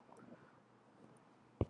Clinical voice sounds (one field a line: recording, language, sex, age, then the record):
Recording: spoken sentence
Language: Brazilian Portuguese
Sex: female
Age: 60 to 69 years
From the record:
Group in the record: control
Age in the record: 64 years